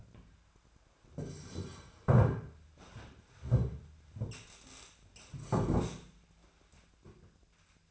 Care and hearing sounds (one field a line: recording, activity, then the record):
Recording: daily activity, microphone in the room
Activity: sit down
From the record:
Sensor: 2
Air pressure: 1008.0 hPa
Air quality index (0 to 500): 181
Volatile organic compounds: 10 ppm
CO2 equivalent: 2219 ppm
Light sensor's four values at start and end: 10/25/10/11 and 11/26/11/11